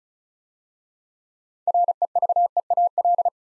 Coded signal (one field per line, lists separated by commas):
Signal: Morse code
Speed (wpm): 36 wpm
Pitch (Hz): 700 Hz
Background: none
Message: REVEAL